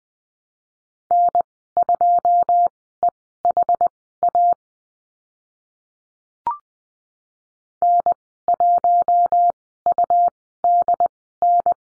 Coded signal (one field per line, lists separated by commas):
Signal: Morse code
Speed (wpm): 20 wpm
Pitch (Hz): 700 Hz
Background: none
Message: N2EHA N1UDN